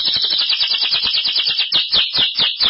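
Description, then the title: Belgian canary song: a loud, rapid rolling trill of pulsed notes that runs unbroken the whole time, with rhythmic sweeping whistles above it. "Canario Belga"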